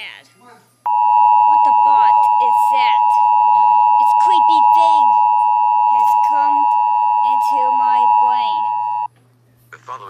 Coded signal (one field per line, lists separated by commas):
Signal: Emergency Alert System (SAME) tones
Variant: 853 and 960 Hz attention tone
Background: speech